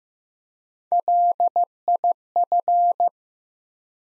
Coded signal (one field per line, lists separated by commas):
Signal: Morse code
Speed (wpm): 15 wpm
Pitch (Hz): 700 Hz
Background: none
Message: LIF